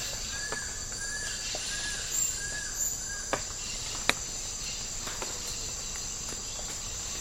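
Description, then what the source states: Rainforest insects chorus: a steady shrill high-pitched drone throughout, joined by a series of soft slurred whistled notes and a few sharp clicks. Tropical rainforest habitat.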